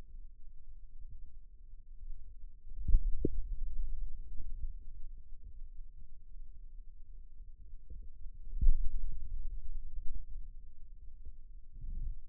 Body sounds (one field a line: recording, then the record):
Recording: forearm muscle sounds (acoustic myography)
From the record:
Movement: finger pinch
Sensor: system 2, bracelet of six BSWA MPA416 microphones around the upper forearm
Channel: 2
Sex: male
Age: 22 years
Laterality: right